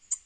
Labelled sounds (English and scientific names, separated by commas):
Black-throated Green Warbler (Setophaga virens) flight call